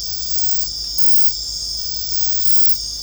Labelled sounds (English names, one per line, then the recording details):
none
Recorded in secondary vegetation near Puerto Asís, Putumayo, Colombia, on 20 December 2024 at 21:30
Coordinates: 0.499, -76.323
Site G010